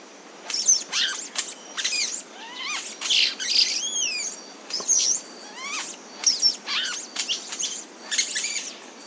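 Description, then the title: Chestnut-bellied euphonia singing a varied jumble of high chips, buzzes and sliding whistled notes, in quick irregular phrases. "LuckyPassaro Completos2Sama. Chestnut-bellied Euphonia (Euphonia pectoralis)"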